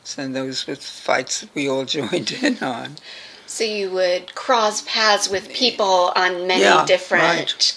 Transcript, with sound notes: And those were the fights that we all joined in on [laughs]
So you would cross paths with people on many different—
Yes.